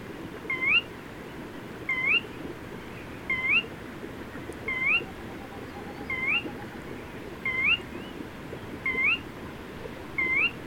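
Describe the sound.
Bird repeating a single upslurred whistle roughly every second and a half, eight notes in all, with constant low rumbling noise underneath.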